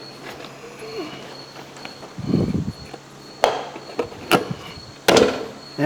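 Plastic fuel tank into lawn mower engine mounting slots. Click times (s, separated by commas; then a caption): 4.3 s, 5.1 s. The plastic gas tank of a push lawn mower is pushed into its two mounting slots on the engine, with rustling handling noise and a sharp knock at 3.4 s. Sharp plastic snaps come at 4.3 s and 5.1 s as the tank seats in place.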